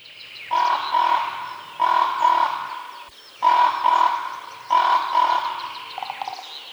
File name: Corvus corax